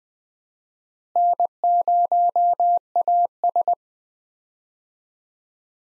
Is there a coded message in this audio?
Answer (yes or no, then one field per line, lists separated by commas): yes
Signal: Morse code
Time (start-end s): 1.2-3.7 s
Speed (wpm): 20 wpm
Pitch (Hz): 700 Hz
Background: none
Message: N0AS